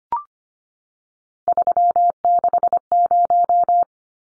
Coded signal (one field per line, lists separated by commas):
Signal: Morse code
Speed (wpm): 25 wpm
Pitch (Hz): 700 Hz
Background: none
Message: 360